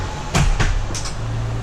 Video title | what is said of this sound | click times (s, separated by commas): 2019 Jayco Octane Super Lite 222 Orientation | Okay, they've stopped. They've clicked in. | 0.4 s